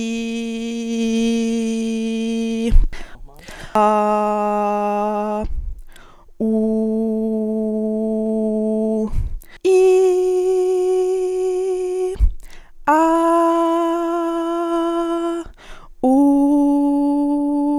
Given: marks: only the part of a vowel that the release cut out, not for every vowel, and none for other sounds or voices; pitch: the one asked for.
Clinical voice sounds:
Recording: sustained vowels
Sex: female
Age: 20 to 29 years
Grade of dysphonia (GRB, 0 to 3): 0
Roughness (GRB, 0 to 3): 0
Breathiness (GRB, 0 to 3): 0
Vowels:
0.00-2.54 s: vowel /i/, normal pitch
3.92-5.29 s: vowel /a/, normal pitch
6.61-8.92 s: vowel /u/, normal pitch
10.98-12.03 s: vowel /i/, high pitch
13.00-13.87 s: vowel /a/, high pitch
16.22-17.28 s: vowel /u/, high pitch
From the record:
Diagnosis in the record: healthy voice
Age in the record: 23 years

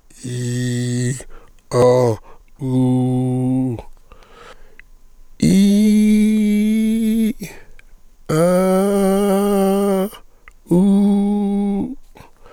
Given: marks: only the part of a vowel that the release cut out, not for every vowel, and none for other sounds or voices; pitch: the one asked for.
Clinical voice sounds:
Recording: sustained vowels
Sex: male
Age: 50 to 59 years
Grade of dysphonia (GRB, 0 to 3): 2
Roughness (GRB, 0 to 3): 1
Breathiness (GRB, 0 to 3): 2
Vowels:
0.30-1.11 s: vowel /i/, low pitch
2.66-3.70 s: vowel /u/, low pitch
5.56-7.22 s: vowel /i/, low-high-low pitch
8.36-9.99 s: vowel /a/, low-high-low pitch
10.75-11.78 s: vowel /u/, low-high-low pitch
From the record:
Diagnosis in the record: leukoplakia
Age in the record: 56 years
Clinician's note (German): Zustand nach Stütze, jetzt regelmäßiges Schwingungsbild

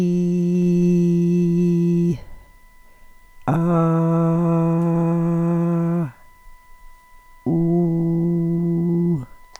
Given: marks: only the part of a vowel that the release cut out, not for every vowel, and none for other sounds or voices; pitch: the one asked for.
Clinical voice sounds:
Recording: sustained vowels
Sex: female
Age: 40 to 49 years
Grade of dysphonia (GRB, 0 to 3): 2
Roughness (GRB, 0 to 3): 0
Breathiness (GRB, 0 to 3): 2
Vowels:
0.00-1.92 s: vowel /i/, normal pitch
3.60-5.50 s: vowel /a/, normal pitch
7.57-9.02 s: vowel /u/, normal pitch
From the record:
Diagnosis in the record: Reinke's edema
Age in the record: 45 years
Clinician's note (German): Beidseitig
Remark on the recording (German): Leichtes Piepsen im Hintergrund in der NSP-Datei die ganze Datei hindurch.

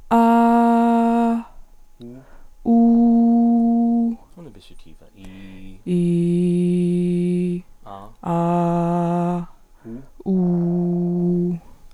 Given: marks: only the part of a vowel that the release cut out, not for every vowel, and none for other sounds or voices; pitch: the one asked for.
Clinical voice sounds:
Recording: sustained vowels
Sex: female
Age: 40 to 49 years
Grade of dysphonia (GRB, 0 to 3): 1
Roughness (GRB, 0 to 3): 1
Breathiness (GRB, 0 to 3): 1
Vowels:
0.21-1.33 s: vowel /a/, high pitch
2.76-4.06 s: vowel /u/, high pitch
5.96-7.48 s: vowel /i/, low pitch
8.31-9.33 s: vowel /a/, low pitch
10.31-11.44 s: vowel /u/, low pitch
From the record:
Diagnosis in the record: hyperfunctional dysphonia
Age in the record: 42 years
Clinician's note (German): Leichte Tendenz dazu, ponogener Faktor

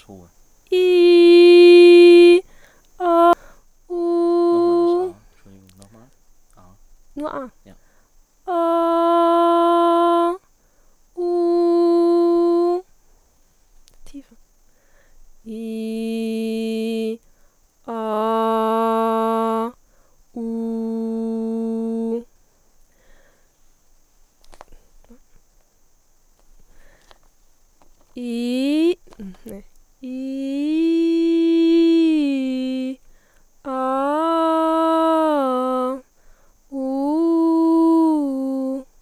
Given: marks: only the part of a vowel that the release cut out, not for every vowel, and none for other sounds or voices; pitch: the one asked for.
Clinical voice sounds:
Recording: sustained vowels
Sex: female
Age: 20 to 29 years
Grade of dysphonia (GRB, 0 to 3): 0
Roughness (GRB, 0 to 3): 0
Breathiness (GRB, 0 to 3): 0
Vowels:
0.89-2.24 s: vowel /i/, high pitch
8.63-10.21 s: vowel /a/, high pitch
11.32-12.67 s: vowel /u/, high pitch
30.18-32.79 s: vowel /i/, low-high-low pitch
33.82-35.80 s: vowel /a/, low-high-low pitch
36.86-38.68 s: vowel /u/, low-high-low pitch
From the record:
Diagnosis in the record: healthy voice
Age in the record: 20 years

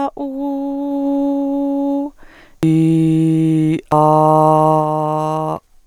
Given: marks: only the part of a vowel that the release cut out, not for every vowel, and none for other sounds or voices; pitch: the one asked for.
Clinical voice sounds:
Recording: sustained vowels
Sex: female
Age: 30 to 39 years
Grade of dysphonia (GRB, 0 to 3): 0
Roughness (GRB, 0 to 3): 0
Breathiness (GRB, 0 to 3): 0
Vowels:
0.38-1.97 s: vowel /u/, high pitch
2.93-3.73 s: vowel /i/, low pitch
4.01-5.48 s: vowel /a/, low pitch
From the record:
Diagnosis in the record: hyperfunctional dysphonia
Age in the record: 36 years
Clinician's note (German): Nach Laryngitis

